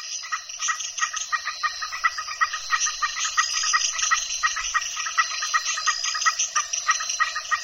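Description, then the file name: Frogs call with rhythmic, rattling pulses several times a second, layered over constant high-pitched insect trilling. El Cuyo, Mexico; at dusk; frogs calling together with insects. "El Cuyo MX Frogs And Insects At Dusk"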